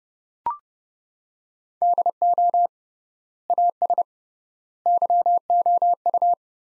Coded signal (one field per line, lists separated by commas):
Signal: Morse code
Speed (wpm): 32 wpm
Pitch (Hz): 700 Hz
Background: none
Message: DO AS YOU